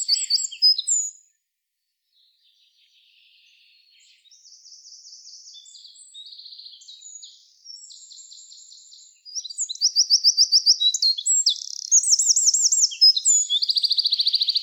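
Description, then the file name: Eurasian wren song: a brief burst of high chips, a quieter stretch of buzzy, rattling phrases, then loud, rapid, pulsing trills and high warbles to the end. "Troglodytes troglodytes"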